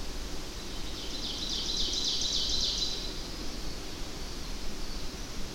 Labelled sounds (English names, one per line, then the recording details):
Ovenbird song
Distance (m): 50 m
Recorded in boreal forest in Alberta, Canada, on 25 June 2016 at 07:55
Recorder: SongMeter 3, array SBT-6-76
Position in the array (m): 295 m, 84 m
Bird 1